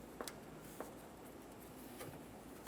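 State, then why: Not seated. A plastic fuel line quick-connect coupling is slid onto its fitting on the fuel pump of a 1994-2002 Dodge Ram 2500 during a fuel level sensor replacement. Only brief small taps and scrapes are heard, at about 0.2, 0.3, 0.8 and 2.7 seconds, over a quiet background. Nothing has seated or clicked yet.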